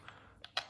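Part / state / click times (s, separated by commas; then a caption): rod into the locking hole of a puzzle box / seated / 0.6 s. A rod is pushed back into the locking hole of a wooden turtle puzzle box during reassembly. A faint tap comes at 0.1 s and a light click at 0.4 s, then a sharp, loud click at 0.6 s as the rod seats, followed by another sharp click at 0.7 s. The rod is in and locked.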